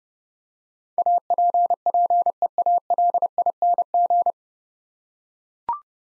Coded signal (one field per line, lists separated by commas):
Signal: Morse code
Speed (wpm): 30 wpm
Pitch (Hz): 700 Hz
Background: none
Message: APPEALING